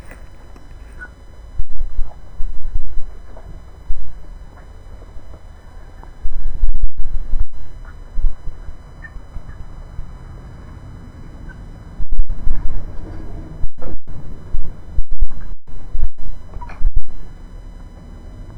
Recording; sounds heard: poultry house recording; background noise or bird activity such as feeding and pecking